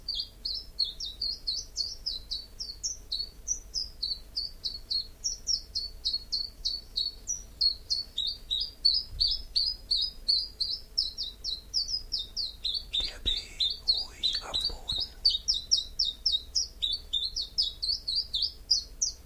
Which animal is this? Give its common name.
Common Chiffchaff